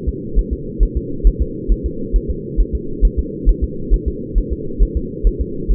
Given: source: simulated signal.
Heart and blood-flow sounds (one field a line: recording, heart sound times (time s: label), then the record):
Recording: fetal heart sounds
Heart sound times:
0.09 s: S2
0.39 s: S1
0.53 s: S2
0.83 s: S1
0.97 s: S2
1.27 s: S1
1.42 s: S2
1.72 s: S1
1.86 s: S2
2.16 s: S1
2.30 s: S2
2.60 s: S1
2.75 s: S2
3.05 s: S1
3.19 s: S2
3.49 s: S1
3.64 s: S2
3.94 s: S1
4.08 s: S2
4.38 s: S1
4.53 s: S2
4.83 s: S1
4.97 s: S2
5.27 s: S1
5.41 s: S2
5.71 s: S1
From the record:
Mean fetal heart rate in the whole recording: 135 bpm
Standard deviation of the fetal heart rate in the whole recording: 3 bpm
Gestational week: 36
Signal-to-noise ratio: -4.3 dB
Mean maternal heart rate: 72 bpm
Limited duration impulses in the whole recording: absent